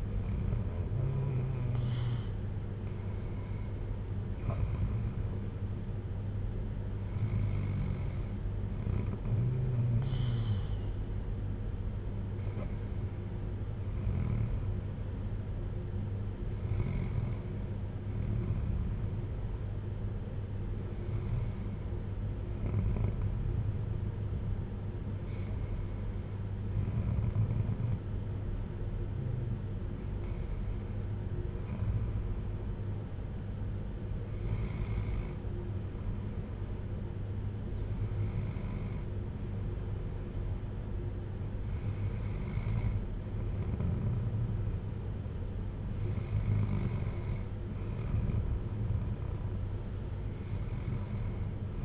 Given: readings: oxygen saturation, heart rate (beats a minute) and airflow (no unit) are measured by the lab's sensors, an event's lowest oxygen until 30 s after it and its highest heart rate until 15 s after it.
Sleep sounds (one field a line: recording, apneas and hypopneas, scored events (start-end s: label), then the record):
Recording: breathing in sleep by a smartphone at the bedside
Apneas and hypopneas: none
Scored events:
none scored
From the record:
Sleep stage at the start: N2 (light sleep)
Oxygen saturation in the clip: 94 to 95%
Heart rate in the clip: 52 to 58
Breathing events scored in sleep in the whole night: 310 in 8.1 hours asleep